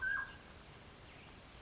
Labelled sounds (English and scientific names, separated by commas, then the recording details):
Mountain Quail (Oreortyx pictus)
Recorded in Sonoma County, California